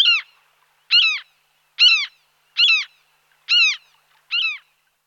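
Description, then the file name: Common gull giving loud, harsh arched calls repeated roughly every second, six in a row. "Racek bourni Larus canus"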